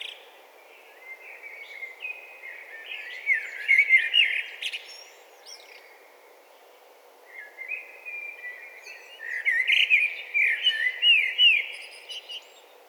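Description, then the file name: Eurasian blackbird song: two separate warbling phrases, each building from low fluted notes to louder, squeakier twittering, with a pause between them. "Turdus merula"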